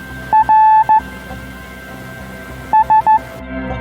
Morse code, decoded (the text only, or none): RS